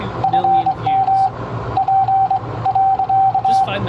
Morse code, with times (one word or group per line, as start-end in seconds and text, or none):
0.2-1.3 FM
1.8-3.6 P.